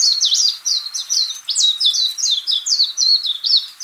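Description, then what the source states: Warbling white-eye song, a rapid, high, twittering warble of quick sliding notes. Recorded on the Senami coast, Niigata Prefecture, Japan.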